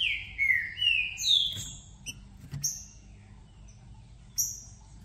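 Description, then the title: Green-winged saltator phrase of several slurred falling whistles, then sparse high chirps over a low background rumble. Song played to warm up a caged bird for a singing contest, to make it call, sing and show male aggression, with several song types. "Esse É PERFEITO Para ESQUENTAR Seu TRINCA Piando, Cantando E Macheando Na DISPUTA. Trinca Ferro VALENTE! VIRANDO VARIOS TIPOS DE CANTOS!! Melhor para ABRIR O CANTO!!"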